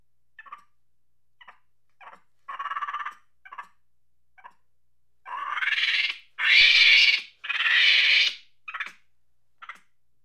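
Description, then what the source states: Monkey with short staccato chatter notes that build into three long, loud, harsh screeches, then fall back to brief chattering calls. Angry monkey chattering.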